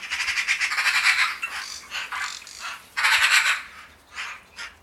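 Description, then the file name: Eurasian magpie chattering loudly, fast dry rattles of harsh notes in bursts, with a few shorter rasping calls between. "Pica pica"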